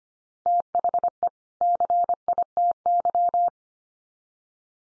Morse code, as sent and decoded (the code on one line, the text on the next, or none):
- .... . / -.-. .. - -.--
THE CITY